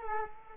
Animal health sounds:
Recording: mosquito wingbeat signal from an infrared sensor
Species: Culex quinquefasciatus

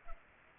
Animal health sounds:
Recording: mosquito wingbeat signal from an infrared sensor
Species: Culex pipiens

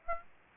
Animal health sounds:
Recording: mosquito wingbeat signal from an infrared sensor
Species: Aedes aegypti

